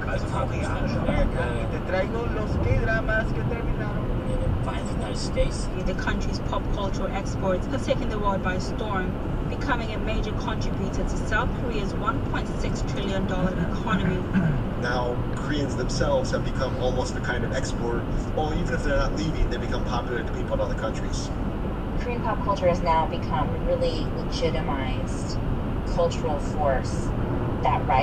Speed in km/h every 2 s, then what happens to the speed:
101, 101, 100, 98, 100, 100, 100, 101, 101, 103, 103, 103, 105, 105.
0-28 steady at about 101.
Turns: none.